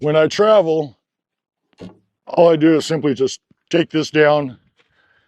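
A fold-down panel with a latch on a cargo trailer is being handled and taken down while someone talks. A faint short tap sounds at about 1.7 s, and the panel has not locked in place or clicked yet.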